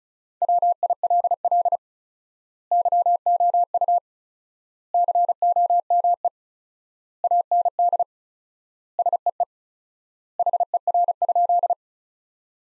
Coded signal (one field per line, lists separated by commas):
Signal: Morse code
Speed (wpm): 36 wpm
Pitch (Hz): 700 Hz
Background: none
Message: WILL YOU COME AND SEE HER?